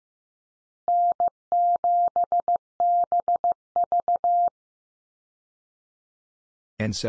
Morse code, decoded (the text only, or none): N7BV